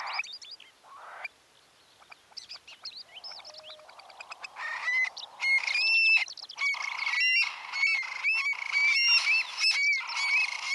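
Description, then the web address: Eurasian stone-curlew calls: chattering, varied notes at first, then a run of strident, harmonic whistles near the upper-middle pitch range, repeated almost every half second, some with a rising flick. "Eurasian stone curlew. صدای-پرنده-چاخ-لق-اوراسیایی"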